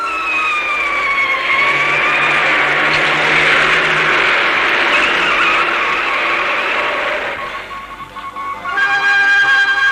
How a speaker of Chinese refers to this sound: 兰芬刚走，敌人的警车就赶来了